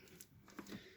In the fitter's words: and the raised bit of the whipper pointing up it will just push on with a nice click